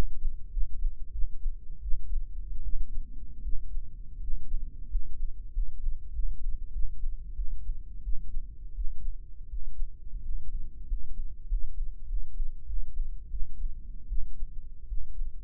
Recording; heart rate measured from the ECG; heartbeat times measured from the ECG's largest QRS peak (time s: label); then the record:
heart sounds by microphone in the right ear; 88 bpm
0.49 s: heartbeat
1.10 s: heartbeat
1.80 s: heartbeat
2.62 s: heartbeat
3.41 s: heartbeat
4.19 s: heartbeat
4.87 s: heartbeat
5.50 s: heartbeat
6.11 s: heartbeat
6.71 s: heartbeat
7.34 s: heartbeat
8.02 s: heartbeat
8.73 s: heartbeat
9.48 s: heartbeat
10.20 s: heartbeat
10.85 s: heartbeat
11.45 s: heartbeat
12.04 s: heartbeat
12.64 s: heartbeat
13.28 s: heartbeat
14.07 s: heartbeat
14.86 s: heartbeat
From the record:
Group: healthy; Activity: rest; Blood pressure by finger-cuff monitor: 122/86 mmHg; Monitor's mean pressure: 98 mmHg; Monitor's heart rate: 91 bpm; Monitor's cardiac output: 6.4 L/min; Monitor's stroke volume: 71 mL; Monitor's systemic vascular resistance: 1120 dyn s/cm5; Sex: male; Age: 21 years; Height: 180 cm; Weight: 67.5 kg